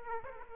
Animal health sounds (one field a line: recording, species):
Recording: mosquito wingbeat signal from an infrared sensor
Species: Aedes aegypti